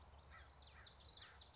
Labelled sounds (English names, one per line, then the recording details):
Common Yellowthroat
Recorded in Sonoma County, California